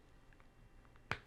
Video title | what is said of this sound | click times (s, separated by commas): DC Direct Batman The Animated Series Wave Review | take the right arm it's on a ball joint there we're just going to click it | 1.1 s